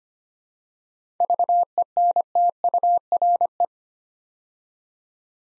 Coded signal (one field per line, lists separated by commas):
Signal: Morse code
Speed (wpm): 25 wpm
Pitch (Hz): 700 Hz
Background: none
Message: VENTURE